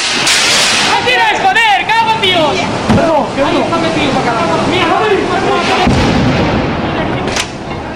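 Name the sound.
firecrackers exploding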